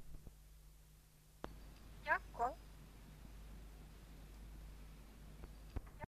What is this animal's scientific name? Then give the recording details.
Psittacus erithacus. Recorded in captivity. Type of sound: call. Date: 1971-07-18. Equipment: Halbspur, 9,5 cm/s. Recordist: Lütgens, Hans. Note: Rufe